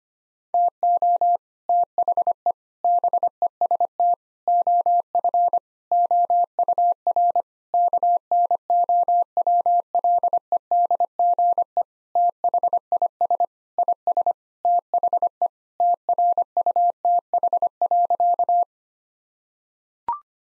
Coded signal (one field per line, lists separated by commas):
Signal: Morse code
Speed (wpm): 25 wpm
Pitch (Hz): 700 Hz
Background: none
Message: TO THE BEST OF OUR KNOWLEDGE THIS IS THE TRUTH.